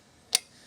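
A folding pedal on the crank arm of a sixthreezero Zip n' Fold foldable fat tire e-bike has its release pulled and is folded back down. This gives a single short, sharp click at 0.4 seconds over a quiet background, and the pedal is released and folded down.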